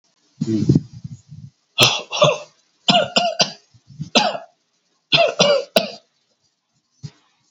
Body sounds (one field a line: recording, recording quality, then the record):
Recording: shallow voluntary cough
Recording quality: excellent, no background noise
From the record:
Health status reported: healthy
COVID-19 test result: negative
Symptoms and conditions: none ticked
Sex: male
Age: 53 years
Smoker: not ticked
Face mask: not worn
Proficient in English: yes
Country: India